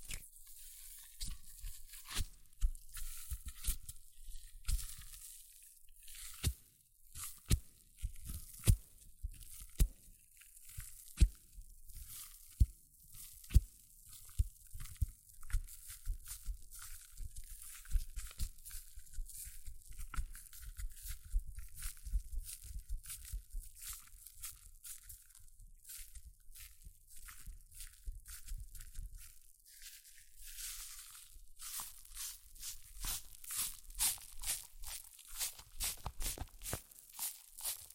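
Hair mousse fizzes and crackles continuously, a dense bright hiss packed with tiny pops and crinkling snaps. Sharper clicks stand out around eight to fourteen seconds, and after about thirty seconds the crackle turns quicker and more regular.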